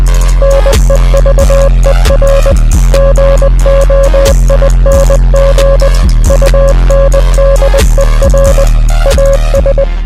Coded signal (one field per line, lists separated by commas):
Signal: Morse code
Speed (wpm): 20 wpm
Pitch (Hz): 550 Hz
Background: music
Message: NEVER GOING UNDER AS